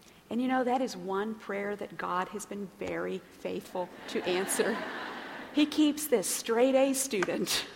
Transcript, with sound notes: And you know, that is one prayer that God has been very faithful to answer. (laughter) He keeps this straight-A student